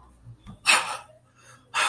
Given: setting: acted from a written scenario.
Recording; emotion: vocal sound without words; sadness